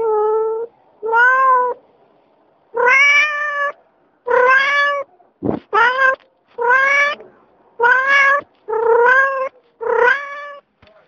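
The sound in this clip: Cat meowing: about nine drawn-out, rising and falling meows repeated roughly every second, with a brief click partway through.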